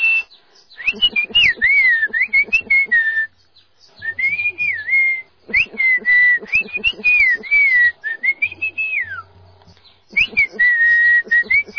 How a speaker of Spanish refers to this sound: Por eso tenemos propio lenguaje. ¿Cómo te imaginas que sea? Sí, silbamos. Cada tipo de silbidos significa algo diferente.